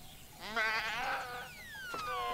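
A sheep lets out one wavering, quavering bleat lasting about a second, followed by a thin tone sliding steadily downward in pitch and a brief click, with no talking.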